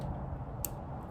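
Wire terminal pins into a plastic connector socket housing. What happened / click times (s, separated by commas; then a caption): The wire terminal clicked into the connector housing / 0.6 s. The red and yellow wire terminals from Harley-Davidson LED brake lights and turn signals are pushed into a plastic connector socket housing. Over a steady low background hum, a single sharp, bright click sounds at 0.6 s. The terminals are seated and hold firm under a gentle pull test.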